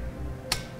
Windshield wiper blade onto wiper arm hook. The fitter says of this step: And then we'll put the windshield wiper blade at this angle, and then push it until it snaps.